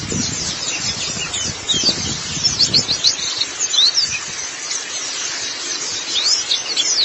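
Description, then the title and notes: White-eye song: high thin twitters and quick sliding notes, scattered throughout, with brief low thumps early on. Chirping song. "Kicauan Burung Pleci Durasi Panjang. Suara kicauan burung pleci"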